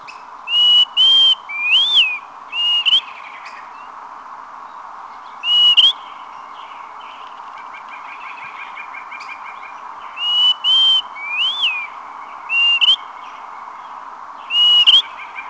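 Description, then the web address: Greater pewee: clear whistled notes, some level and some arched or rising, given in short groups and single notes with pauses between, over a constant hum. "Peterson North American Birds. grpe"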